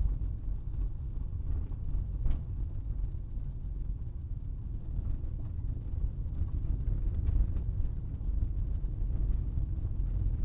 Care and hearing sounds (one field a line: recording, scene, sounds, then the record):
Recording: everyday scene through a hearing-aid microphone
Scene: in a vehicle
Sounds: engine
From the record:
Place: Berlingo II, diesel engine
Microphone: in the ear canal, right